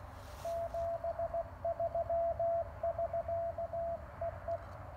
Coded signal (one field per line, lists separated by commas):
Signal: Morse code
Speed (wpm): 18 wpm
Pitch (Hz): 660 Hz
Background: radio noise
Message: 73 <SK> EE